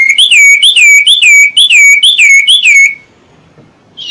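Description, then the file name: Common iora repeating a rising-then-falling whistled note about six times in quick, even succession, followed by near silence. Whistled song used as a lure (pancingan) for catching birds. "siulan cipo untuk pancingan"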